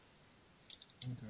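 A plastic part of a transforming toy, the legs or tires near the gray bumper, is handled and pushed tight into the toy's body during conversion. A few faint plastic ticks come around 0.7 to 0.9 s, then someone talks. Nothing has seated or clicked into place yet.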